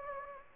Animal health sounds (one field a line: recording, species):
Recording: mosquito wingbeat signal from an infrared sensor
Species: Anopheles gambiae